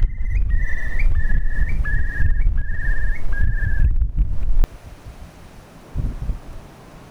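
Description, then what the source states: Eurasian curlew giving a series of about six clear whistled notes, each with a quick upward flick, over heavy low wind rumble, then abruptly cut off. Recorded in the Yorkshire Dales.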